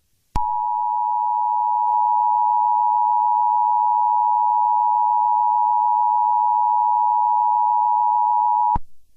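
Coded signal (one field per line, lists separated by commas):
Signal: Emergency Alert System (SAME) tones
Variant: 853 and 960 Hz attention tone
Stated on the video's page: Recordings of two real events: the Montana EAS equipment hack broadcasting a false zombie warning, and the Hawaii false missile alert.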